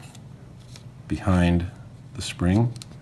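The rubber/plastic grip of a bicycle twist shifter is handled as it is pushed toward the shifter housing, so that its tab will engage behind the spring. Someone talks over faint handling noise with two small ticks near 0.2 and 0.8 s. Nothing has seated or clicked yet.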